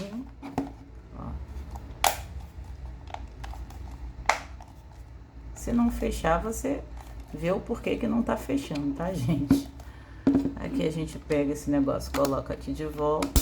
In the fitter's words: a tampa, tá? Vem assim direitinho, encaixadinho, ó.